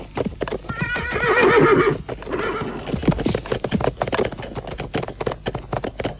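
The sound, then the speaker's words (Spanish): A horse lets out a loud, quavering whinny, followed by a steady run of sharp hoof clip-clops on a hard surface as riders mount their horses, with no voices. “Montamos a caballo”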